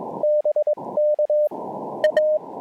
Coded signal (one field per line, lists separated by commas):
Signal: Morse code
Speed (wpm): 20 wpm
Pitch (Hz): 610 Hz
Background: radio noise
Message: BK A